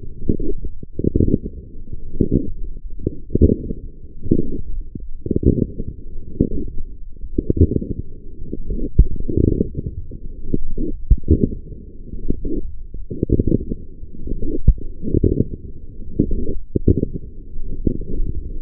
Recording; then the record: forearm muscle sounds (acoustic myography)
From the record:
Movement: forearm pronation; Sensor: system 1, eight BSWA MPA416 microphones around the upper forearm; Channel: 5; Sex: female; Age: 20 years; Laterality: right